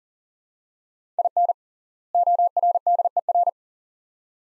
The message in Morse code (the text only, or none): IN ORDER